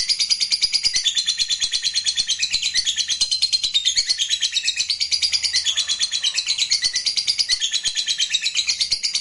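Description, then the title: Lovebird singing in a long, fast stream of shrill, scratchy chirps, steady and unbroken, the pitch wavering slightly as the chatter continues. Played to make a lovebird that is reluctant to sing become eager and sing spontaneously. "LOVEBIRD Malas Bunyi JADI GREGET SPONTAN Langsung NARIK"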